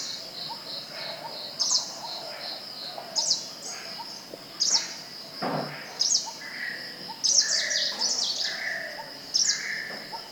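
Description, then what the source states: Greenish warbler repeating bright, slurred high calls every second or two, with a constant insect drone and another bird's mellow notes in the background. Recorded at Thekkady on 12 October 2015.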